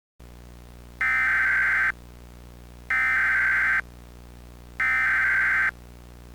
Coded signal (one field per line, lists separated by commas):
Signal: Emergency Alert System (SAME) tones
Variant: header bursts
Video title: The Plaza Tower Collapse | EAS Mock #28